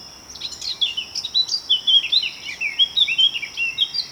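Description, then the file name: Eurasian blackcap: a continuous run of quick, bright warbled notes rising and dipping, accompanied by a persistent high steady whine. "Sylvia atricapilla"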